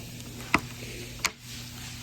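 After being lined up with a screwdriver, a vinyl glazing stop (bead) is pressed into a window sash frame to hold the replacement glass. It snaps in with one sharp click at 0.5 s, followed by a softer tick near 1.2 s over a low steady hum. The glazing stop is seated.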